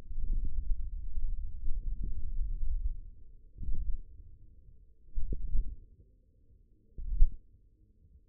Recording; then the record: forearm muscle sounds (acoustic myography)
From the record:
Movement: index flexion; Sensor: system 1, eight BSWA MPA416 microphones around the upper forearm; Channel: 5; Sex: male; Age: 54 years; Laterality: right